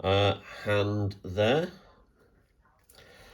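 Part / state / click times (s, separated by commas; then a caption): swap-out hand onto action figure wrist peg / seated / 2.9 s. Someone talks briefly, then a swap-out web-slinging hand is forced onto the plastic wrist peg joint of a Marvel Legends action figure. A short, sharp click at 2.9 s marks the hand seating onto the peg.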